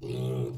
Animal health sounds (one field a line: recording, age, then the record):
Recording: pig call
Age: weaner (32 to 43 days)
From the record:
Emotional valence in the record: negative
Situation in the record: long isolation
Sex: female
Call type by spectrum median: low-frequency call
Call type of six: low-frequency stable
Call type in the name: low-frequency stable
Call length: 0.58 s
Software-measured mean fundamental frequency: 65 Hz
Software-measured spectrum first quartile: 130 Hz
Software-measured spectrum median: 246 Hz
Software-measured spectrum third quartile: 473 Hz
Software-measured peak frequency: 387 Hz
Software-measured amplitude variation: 95 dB a second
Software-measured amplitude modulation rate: 27.8 a second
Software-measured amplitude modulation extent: 3.4 dB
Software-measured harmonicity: -1.1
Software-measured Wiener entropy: -0.36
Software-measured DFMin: 1005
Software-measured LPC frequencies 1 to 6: 370, 2531, 3411, 4174, 6099, 7657 Hz